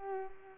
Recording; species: mosquito wingbeat signal from an infrared sensor; Culex pipiens